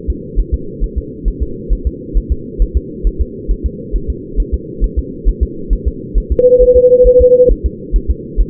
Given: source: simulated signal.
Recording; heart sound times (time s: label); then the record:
fetal heart sounds
0.10 s: S2
0.39 s: S1
0.54 s: S2
0.84 s: S1
0.98 s: S2
1.28 s: S1
1.43 s: S2
1.73 s: S1
1.87 s: S2
2.17 s: S1
2.32 s: S2
2.62 s: S1
2.77 s: S2
3.07 s: S1
3.21 s: S2
3.51 s: S1
3.66 s: S2
3.96 s: S1
4.10 s: S2
4.40 s: S1
4.54 s: S2
4.84 s: S1
4.99 s: S2
5.28 s: S1
5.43 s: S2
5.73 s: S1
5.88 s: S2
6.18 s: S1
6.32 s: S2
6.62 s: S1
6.77 s: S2
7.07 s: S1
7.22 s: S2
7.51 s: S1
7.66 s: S2
7.96 s: S1
8.10 s: S2
8.41 s: S1
From the record:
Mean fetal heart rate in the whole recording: 135 bpm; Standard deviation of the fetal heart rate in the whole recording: 3 bpm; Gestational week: 36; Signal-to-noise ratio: -4.3 dB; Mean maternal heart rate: 72 bpm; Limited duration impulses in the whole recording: present